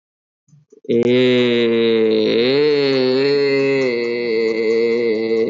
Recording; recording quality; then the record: sustained vowel as in made; excellent, no background noise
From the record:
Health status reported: COVID-19 positive, mild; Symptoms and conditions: cough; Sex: male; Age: 23 years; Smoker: yes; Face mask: not worn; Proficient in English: no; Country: India